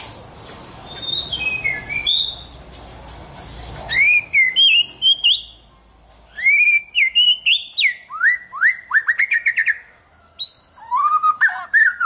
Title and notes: Kicau Murai Batu. Kicau Muarai Batu